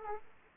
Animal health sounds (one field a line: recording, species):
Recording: mosquito wingbeat signal from an infrared sensor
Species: Aedes aegypti